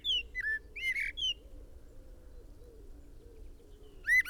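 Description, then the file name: Common blackbird song: a few brief whistled and slurred notes, then a long quiet gap with soft low cooing, and one more note at the end. "Turdus merula"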